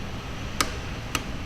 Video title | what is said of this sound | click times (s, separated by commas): Checking Front Brakes - Motor Cycle - Mechanics - South & City College Birmingham | So you just turn it till you hear a click. | 0.6 s, 1.2 s